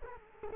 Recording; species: mosquito wingbeat signal from an infrared sensor; Culex quinquefasciatus